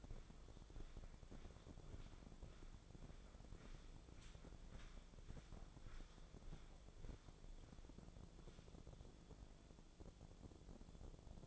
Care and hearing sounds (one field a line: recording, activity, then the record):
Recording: daily activity, microphone in the room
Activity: walk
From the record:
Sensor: 5